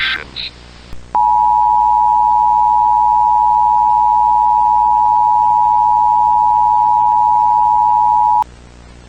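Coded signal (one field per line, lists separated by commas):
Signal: Emergency Alert System (SAME) tones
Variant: 853 and 960 Hz attention tone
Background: speech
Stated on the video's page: Fictional Emergency Alert System scenario presented as a found tape; nothing depicted really happened.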